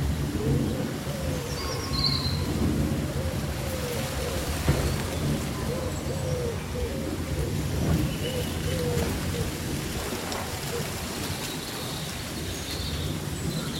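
Leaves rustle in a dense, steady low wash throughout, while a few brief, faint bird chirps flicker high above at scattered moments.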